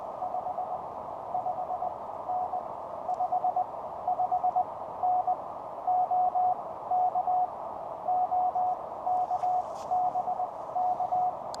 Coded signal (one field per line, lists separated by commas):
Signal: Morse code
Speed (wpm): 20 wpm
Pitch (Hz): 730 Hz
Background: none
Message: 55N 55N OK OK BK